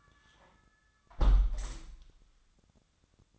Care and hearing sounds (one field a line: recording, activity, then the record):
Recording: daily activity, microphone in the room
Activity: close window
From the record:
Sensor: 3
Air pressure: 1004.6 hPa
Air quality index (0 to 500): 84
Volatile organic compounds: 2 ppm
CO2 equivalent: 1275 ppm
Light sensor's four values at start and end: 7/17/7/6 and 7/16/6/6